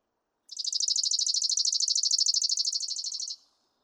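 Chipping Sparrow trill: a fast run of uniform, dry, high chip notes lasting close to three seconds, ending abruptly, otherwise quiet.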